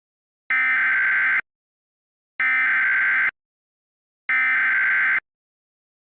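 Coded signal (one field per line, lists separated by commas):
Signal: Emergency Alert System (SAME) tones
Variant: header bursts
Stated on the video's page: Fictional EAS scenario using valid SAME headers that can trigger emergency alert equipment.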